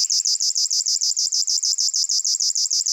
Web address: Locustella fluviatilis